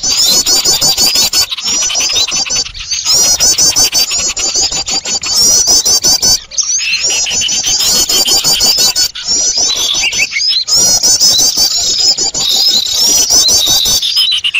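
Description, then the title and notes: Birds keeping up a long, dense stream of high squealing chatter and sharp clicks, broken by several brief gaps. Noisy bird sounds used for luring birds. "Burung Ribut Pikat"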